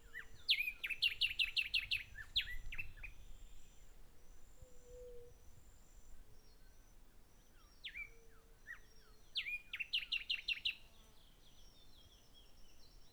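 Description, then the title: Birds singing: two rapid bursts of bright, evenly spaced descending chirps, separated by softer scattered calls and falling whistles. Birds singing at Hato Corozal, Casanare, Colombia. "Hato Corozal, Casanare, Colombia - Aves Cantando"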